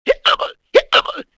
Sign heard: Hiccups.